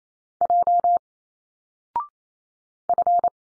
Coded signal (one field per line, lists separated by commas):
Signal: Morse code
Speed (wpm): 28 wpm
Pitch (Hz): 700 Hz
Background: none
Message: J F